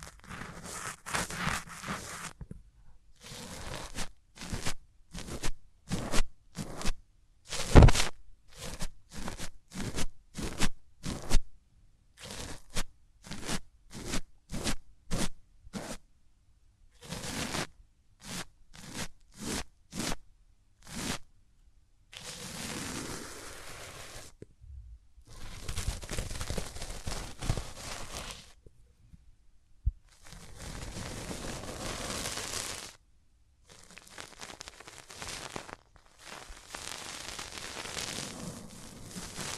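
Hands rub over the ears in quick, repeated strokes, a series of short bright rustling swipes with brief silences between them for the first twenty seconds. Later the rubbing becomes longer, steadier stretches of dense friction lasting several seconds each, separated by pauses.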